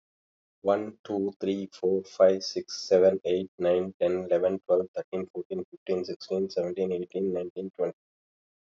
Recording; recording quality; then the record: counting at a fast pace; excellent, no background noise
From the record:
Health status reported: healthy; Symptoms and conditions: hypertension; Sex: male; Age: 52 years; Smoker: not ticked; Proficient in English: no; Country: India